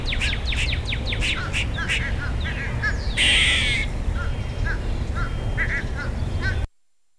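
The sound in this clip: Squirrel chatter: rapid series of sharp, downward-sweeping chirps, then a harsh buzzy burst and scattered softer clicks over low background rumble.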